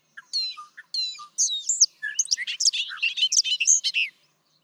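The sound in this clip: Bobolink song opening with a few separate notes, then breaking into a rapid, gurgling jumble of high metallic notes.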